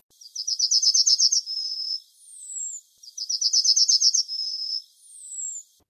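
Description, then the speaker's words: Yellowhammer song, a rapid run of repeated high chipping notes ending in a drawn-out note and a thin falling wheeze, sung twice. Song of the yellowhammer, a sparrow-sized bunting native to Europe and Asia; typical song known in English as 'A Little Bit of Bread and No Cheese', in Czech as 'See How Brightly the Sun Shines'. "This is a song of the yellowhammer, a sparrow-sized bunting typical for its bright yellow head and belly."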